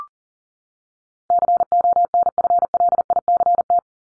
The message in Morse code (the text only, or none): CONFLICT